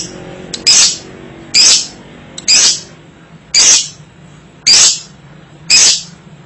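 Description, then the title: Lovebird giving harsh, shrill screeches, six in a row, about one each second, with quiet hum between them. Masteran training recording for very young (paud) and young lovebirds, meant to prompt them to answer and take up rapid 'ngetik' chattering. "MASTERAN KHUSUS UNTUK LOVEBIRD PAUD DAN MUDA, PASTI LANGSUNG NYAUT LABET PAUDNYA IKUT NGETIK"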